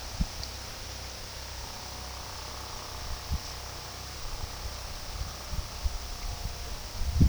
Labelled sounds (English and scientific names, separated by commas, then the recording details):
none
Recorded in pastures near Puerto Asís, Putumayo, Colombia, on 21 February 2024 at 13:00
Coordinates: 0.486, -76.323
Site G6462